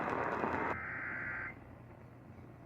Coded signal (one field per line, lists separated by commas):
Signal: Emergency Alert System (SAME) tones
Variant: header bursts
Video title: EAS #407-408: Special Marine Warning